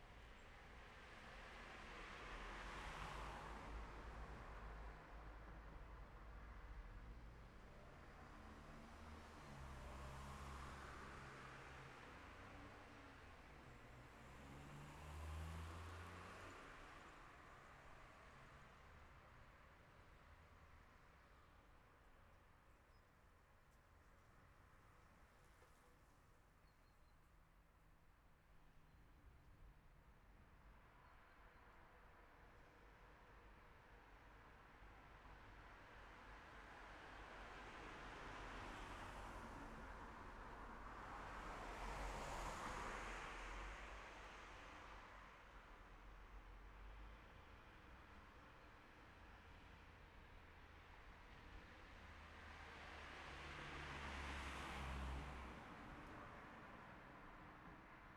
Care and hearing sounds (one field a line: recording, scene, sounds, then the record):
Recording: everyday scene through a hearing-aid microphone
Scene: in traffic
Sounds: traffic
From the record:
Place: city secondary road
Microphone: behind the ear, left, front